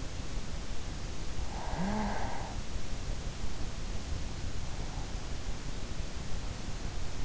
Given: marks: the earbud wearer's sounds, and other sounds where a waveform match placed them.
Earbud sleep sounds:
sounds in sleep by an in-ear microphone; snoring breath
1.49-2.74 s: snoring breath

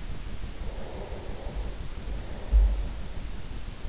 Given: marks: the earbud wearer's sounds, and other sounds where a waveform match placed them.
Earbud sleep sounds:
sounds in sleep by an in-ear microphone; breath
0.24-3.89 s: breath

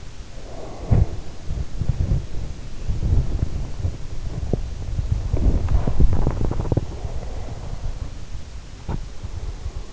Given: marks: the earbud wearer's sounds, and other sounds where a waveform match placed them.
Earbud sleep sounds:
sounds in sleep by an in-ear microphone; breath, body movement
0.00-2.45 s: breath
0.97-9.23 s: body movement

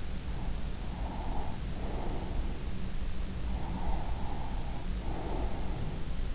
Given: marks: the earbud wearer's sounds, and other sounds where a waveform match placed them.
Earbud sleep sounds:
sounds in sleep by an in-ear microphone; breath
0.38-2.60 s: breath
3.55-5.99 s: breath

